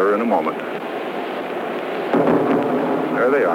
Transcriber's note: soundbite of explosions